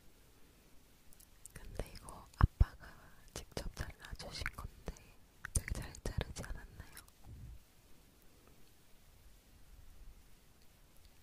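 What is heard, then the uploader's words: A salmon being eaten: wet tearing, chewing and crunchy smacks cluster between two and seven seconds, then quiet faint rustling follows. 연어 이팅 리얼사운드 |Salmon Eating Real Sound| 소근소근 토킹 talking sound.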